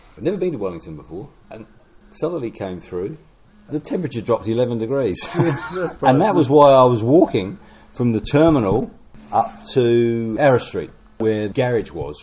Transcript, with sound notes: I’d never been to Wellington before, and the southerly came through and the temperature dropped 11c. [Chuckle] And that was while I was walking from the terminal up to Aro Street where garage was.